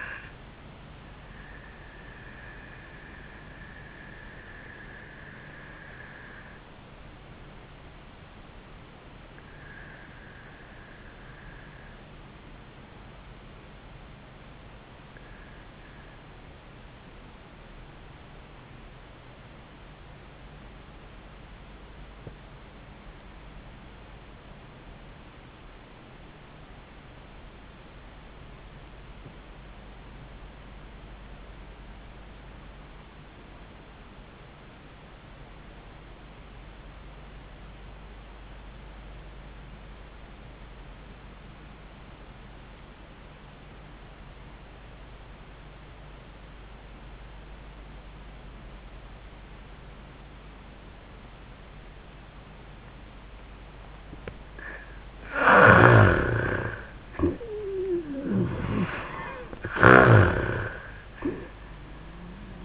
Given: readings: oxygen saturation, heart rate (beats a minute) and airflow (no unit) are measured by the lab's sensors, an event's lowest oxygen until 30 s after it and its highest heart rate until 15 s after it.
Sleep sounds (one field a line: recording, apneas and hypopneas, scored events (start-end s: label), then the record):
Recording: breathing in sleep by a voice recorder at the bedside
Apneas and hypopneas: 1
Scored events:
3.00-57.10 s: obstructive apnea (N1, oxygen 97% highest, then 65% lowest, heart rate 83 at the start, 87 highest)
10.00-62.65 s: new sleep stage, REM sleep
From the record:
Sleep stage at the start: N1 (lightest sleep)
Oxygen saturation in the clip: 70 to 97%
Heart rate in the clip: 53 to 87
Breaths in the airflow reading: 2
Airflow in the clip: -32.4 to 16.1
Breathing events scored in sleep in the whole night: 400 in 8.7 hours asleep